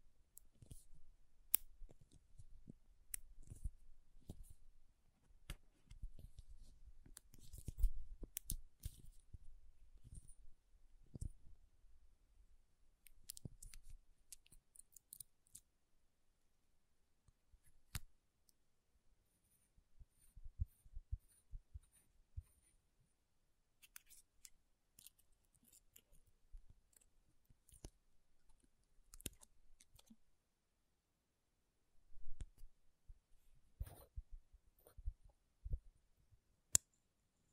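Makeup being tapped and scratched: quick, dry taps and scrapes come in irregular bursts, with a denser low thumping stretch in the first fifteen seconds. After that the sounds thin out into sparse clicks and short scratchy runs, separated by near-silent gaps.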